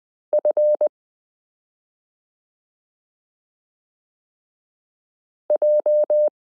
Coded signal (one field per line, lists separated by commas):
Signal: Morse code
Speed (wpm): 20 wpm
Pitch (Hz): 600 Hz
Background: none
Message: F J